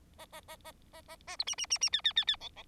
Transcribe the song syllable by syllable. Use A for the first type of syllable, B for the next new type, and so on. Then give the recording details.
A A A A A A A B C C C C D D D D E E. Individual Bird4